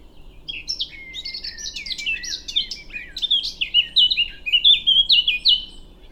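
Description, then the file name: Eurasian blackcap singing, a jumbled chattering warble that builds into a series of rich, clear whistled notes repeated toward the close. "Sylvia atricapilla"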